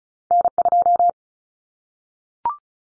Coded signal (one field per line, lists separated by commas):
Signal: Morse code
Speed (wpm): 34 wpm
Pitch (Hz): 700 Hz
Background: none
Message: N2